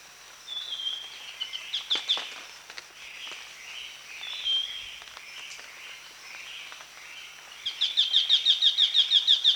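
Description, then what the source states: Scaly-crowned babbler launching a rapid, evenly spaced series of high sharp notes near the end, after scattered chirps and whistles over a steady insect drone. Recorded at Danum on 1 January 2008.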